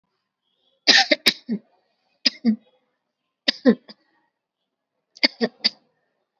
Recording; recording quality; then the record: shallow voluntary cough; excellent, no background noise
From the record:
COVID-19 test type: RT-PCR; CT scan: not taken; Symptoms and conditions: cough, sore throat, another condition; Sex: female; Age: 22 years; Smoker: no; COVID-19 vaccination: both doses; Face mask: worn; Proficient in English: yes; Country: India